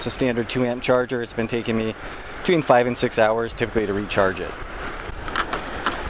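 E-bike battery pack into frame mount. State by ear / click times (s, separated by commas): seated / 5.9 s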